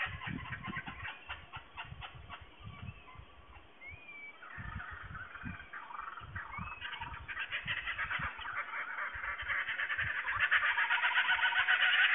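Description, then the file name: Kookaburras calling, rapid harsh pulsed chuckles with a few rising notes, building into a louder, dense laughing chorus toward the end. Several kookaburras recorded in Australia on 19 March 2009. "AUS 090319 Kookaburras"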